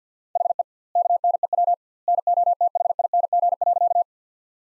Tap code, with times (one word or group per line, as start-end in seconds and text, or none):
none